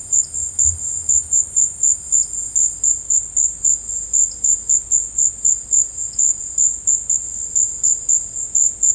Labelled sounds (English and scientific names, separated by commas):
none